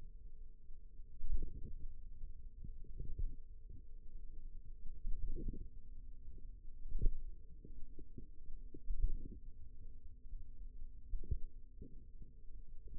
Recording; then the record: forearm muscle sounds (acoustic myography)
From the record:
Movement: finger pinch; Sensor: system 2, bracelet of six BSWA MPA416 microphones around the upper forearm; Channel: 4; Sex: female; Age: 22 years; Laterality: right